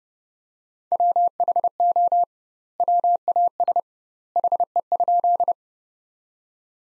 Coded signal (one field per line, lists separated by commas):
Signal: Morse code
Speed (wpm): 30 wpm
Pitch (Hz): 700 Hz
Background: none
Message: WHO WAS HE?